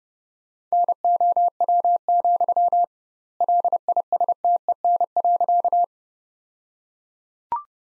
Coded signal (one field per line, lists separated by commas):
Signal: Morse code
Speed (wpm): 30 wpm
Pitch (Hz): 700 Hz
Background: none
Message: NOW, LISTEN.